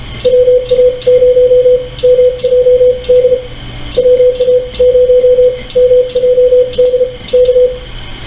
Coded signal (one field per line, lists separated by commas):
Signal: Morse code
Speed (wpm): 36 wpm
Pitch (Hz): 500 Hz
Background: radio noise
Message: WA0 MJD WA0 MJD K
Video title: Youth Outreach for Morse Code Exposure -- recorded by Duane Wyatt